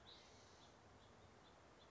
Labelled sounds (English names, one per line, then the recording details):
House Finch
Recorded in Sonoma County, California